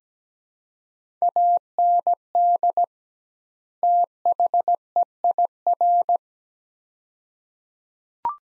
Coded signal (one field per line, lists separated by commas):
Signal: Morse code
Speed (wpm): 17 wpm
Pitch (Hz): 700 Hz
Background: none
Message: AND THEIR